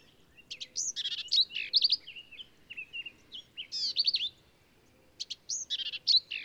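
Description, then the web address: Black-capped vireo singing almost continuously, a hurried jumble of scratchy chatters and bright slurred whistles with only one brief break. "birdsongforthecurious songs Black-capped Vireo"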